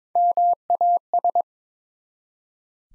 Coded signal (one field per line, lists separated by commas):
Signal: Morse code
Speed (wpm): 22 wpm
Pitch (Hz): 700 Hz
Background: none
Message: MAS